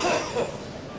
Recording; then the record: coughing mixed with background sound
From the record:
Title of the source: Spring Cold Coughing 2